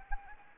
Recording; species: mosquito wingbeat signal from an infrared sensor; Anopheles gambiae